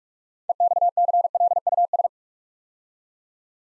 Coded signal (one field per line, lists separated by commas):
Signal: Morse code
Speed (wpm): 44 wpm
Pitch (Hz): 700 Hz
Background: none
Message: EXCLUS